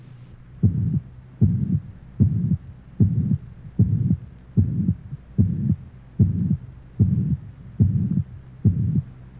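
Heart by stethoscope at the mitral area of a 33-year-old with rheumatic mitral insufficiency: a regular beat at about 76 per minute, each beat carrying a low-pitched mitral regurgitation murmur.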